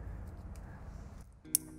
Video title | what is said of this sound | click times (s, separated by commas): Morimoto XB LED Sequential Turn Signals, 2015-2017 Mustang - Review & Install | hear another click there it is | 1.6 s